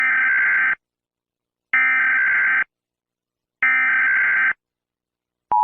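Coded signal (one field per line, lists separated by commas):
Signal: Emergency Alert System (SAME) tones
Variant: header bursts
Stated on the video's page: Self-made fictional EAS analog horror, a simulated alert.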